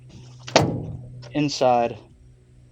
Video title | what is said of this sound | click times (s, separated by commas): How to Replace Taillight Bulbs in 2018-2024 Chevy Silverado GMC Sierra Reverse Light, Backup, Signal | when the when the lens is totally snapped back in | 0.5 s, 0.6 s